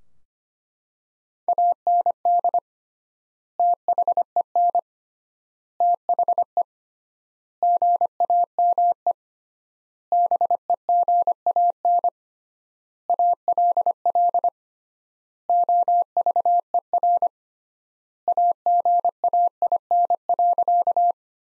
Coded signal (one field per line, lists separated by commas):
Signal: Morse code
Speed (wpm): 25 wpm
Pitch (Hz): 700 Hz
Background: none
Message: AND THEN THE GAME BEGAN ALL OVER AGAIN.